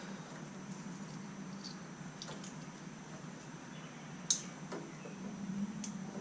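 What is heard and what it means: The plastic plugs of an H4 headlight splitter are pushed by hand into the factory headlight wiring harness of a Harley Touring motorcycle during a Daymaker headlight install, over a steady low hum. Sharp plastic clicks ring out at 4.3 s and 5.8 s as the connectors snap in. Both connectors are seated.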